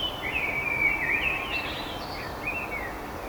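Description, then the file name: Common blackbird with a clear, warbling fluty phrase that wavers and dips, then a few shorter whistles, against constant rushing background noise. "Turdus merula"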